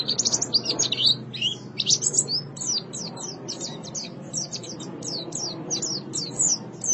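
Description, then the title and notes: White-eye song, a rapid run of high twittering and sharp down-slurred chirps over a low background hum. "Suara kicauan burung pleci"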